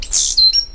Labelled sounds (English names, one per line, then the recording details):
Stitchbird song
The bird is a male
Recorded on Tiritiri Matangi Island, New Zealand, in 2005
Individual 8, of nest box 10